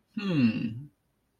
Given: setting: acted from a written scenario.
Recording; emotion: vocal sound without words; interest